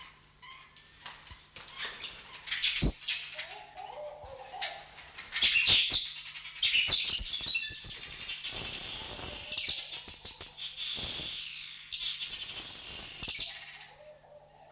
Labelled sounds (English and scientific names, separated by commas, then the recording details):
Village Weaver (Ploceus cucullatus)
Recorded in captivity
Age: adult
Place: Zoo Berlin, Berlin, DE
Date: 1993-08-28
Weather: 12-15°C, heiter
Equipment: Marantz CP 430, Sennheiser MKH 416 T, Kopie Uher Variocord 263
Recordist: Tembrock, Günter